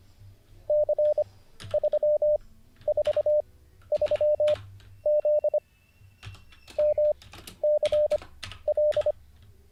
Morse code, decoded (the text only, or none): C343Z MCL